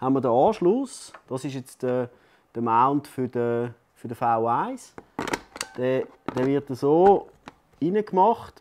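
A flash mount adapter for a Godox V1 speedlight is handled at the rear socket of an SMDV Flip softbox, being pushed in and twisted to lock, while someone talks throughout. Nothing has seated or clicked yet.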